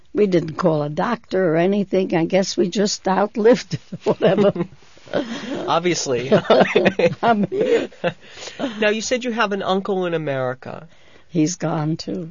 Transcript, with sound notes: We didn't call a doctor or anything. I guess we just outlived it --whatever. ( she laughs )
Obviously. ( they laugh )
I'm here.
Now, you said you have an uncle in America.
He's gone, too.